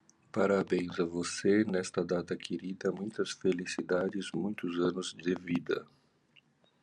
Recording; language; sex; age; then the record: short text; Brazilian Portuguese; male; 50 to 59 years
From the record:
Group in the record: control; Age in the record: 55 years